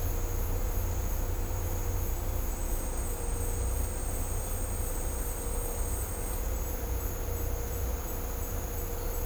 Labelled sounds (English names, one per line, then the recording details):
none
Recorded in dense forest near Puerto Asís, Putumayo, Colombia, on 18 December 2024 at 14:00
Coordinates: 0.503, -76.323
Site G043